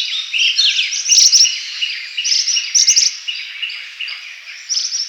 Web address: Rosy Minivet Calls